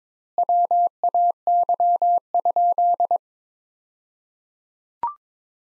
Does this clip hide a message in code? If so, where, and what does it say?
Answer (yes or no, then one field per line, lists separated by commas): yes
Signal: Morse code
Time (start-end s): 0.4-3.2 s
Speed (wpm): 22 wpm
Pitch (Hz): 700 Hz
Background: none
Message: WAY?